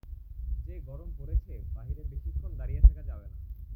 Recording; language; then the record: elicited speech; Bengali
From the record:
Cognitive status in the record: cognitively healthy